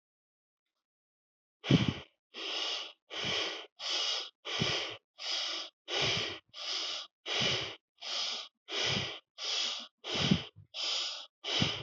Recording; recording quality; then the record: shallow breathing; excellent, no background noise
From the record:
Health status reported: healthy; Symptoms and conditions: none ticked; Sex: male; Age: 29 years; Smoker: not ticked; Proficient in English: yes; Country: India